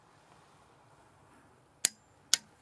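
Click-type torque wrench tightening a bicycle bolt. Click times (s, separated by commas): 1.8 s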